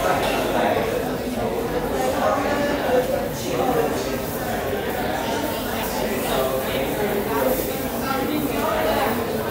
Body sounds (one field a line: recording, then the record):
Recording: background sound without coughing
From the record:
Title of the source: 40 min - Ambience sounds UNIVERSITY lunchroom chatting